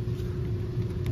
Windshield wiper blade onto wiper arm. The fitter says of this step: and then shake it back and forth it didn't snap obviously but shake it back forth to make sure it don't come off and let me see